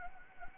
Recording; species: mosquito wingbeat signal from an infrared sensor; Anopheles gambiae